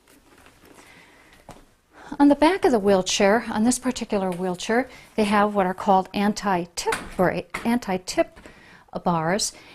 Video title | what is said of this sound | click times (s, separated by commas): HOW TO HELP SOMEONE USING A WHEELCHAIR | back of it like this and then swing it back into place and make sure that's locked into place. | 1.5 s